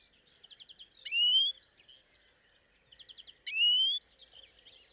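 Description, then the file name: European greenfinch: twice, a quick dry rattling trill leads straight into a long rising wheezy note, the pair repeating after roughly two and a half seconds. "Chloris chloris"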